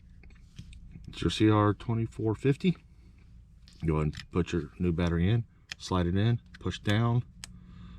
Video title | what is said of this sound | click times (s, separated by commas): How to replace a 2019 Ford Expedition 5 Button Smart Key Remote Battery | and you notice it doesn't latch on here | none